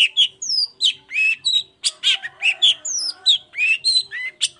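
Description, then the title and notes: Long-tailed shrike singing a lively mixed phrase of scratchy chatter and clear slurred whistles, some falling and some rising, in a rapid unbroken stream. Cendet singing in the morning with varied 'toet toet' notes; used as a lure to provoke other shrikes into answering. "Cendet Gacor Dor Di Kala Pagi Toet Toet Variasi Suara. Pancingan Emosi Cendet Gacor Full Variasi Toet Toet Bikin Nyaut Cendet Lain Langsung Ikutan Bunyi. Burung cendet"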